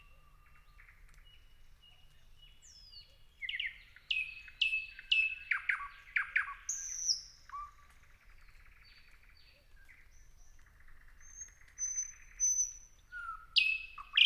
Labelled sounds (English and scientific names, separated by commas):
Thrush Nightingale (Luscinia luscinia)